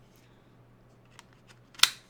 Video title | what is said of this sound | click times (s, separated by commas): Nintendo Switch 2 Unboxing!!! (I Gotz one!) | Okay, them are a little bit easier to just kinda snap into place, obviously. | 1.8 s